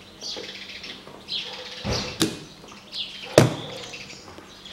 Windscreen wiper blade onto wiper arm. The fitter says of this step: все дворник зафиксировался и так же со второй стороны также